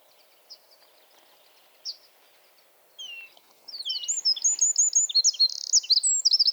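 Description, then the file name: Eurasian wren song: a few faint high notes, then a loud burst of rapid, shrill trills and twitters from about the fourth second to the end. "Troglodytes troglodytes"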